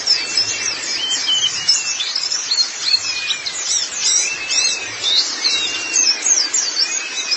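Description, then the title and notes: White-eye twittering song, varied high chirps and short sliding whistles tumbling over one another in a lively, continuous flow. "Suara kicauan burung pleci"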